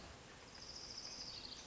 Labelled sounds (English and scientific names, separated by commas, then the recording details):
Orange-crowned Warbler (Leiothlypis celata)
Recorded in Sonoma County, California